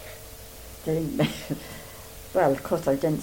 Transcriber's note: laughs